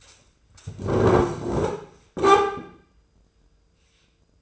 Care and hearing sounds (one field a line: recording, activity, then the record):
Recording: daily activity, microphone in the room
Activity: sit down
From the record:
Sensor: 2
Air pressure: 995.8 hPa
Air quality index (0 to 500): 242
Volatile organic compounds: 1000 ppm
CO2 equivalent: 5954 ppm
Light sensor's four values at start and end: 25/61/27/30 and 27/65/29/32